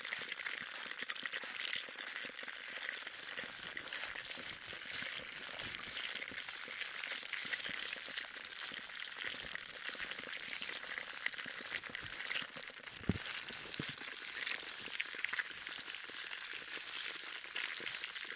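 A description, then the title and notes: Intense ear cleaning: a dense, steady crackle and scratchy rustling, bright and hissy, runs unbroken for the whole clip. Countless tiny clicks and pops come rapidly and irregularly, with a slightly sharper pop just after the thirteen-second mark. Intense Ear Cleaning for Deep Sleep Ultra Detailed Binaural Triggers.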